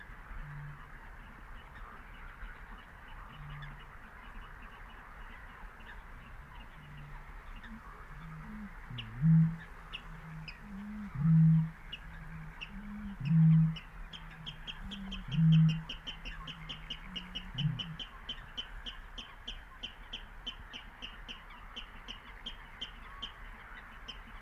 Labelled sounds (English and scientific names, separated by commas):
Water Rail (Rallus aquaticus)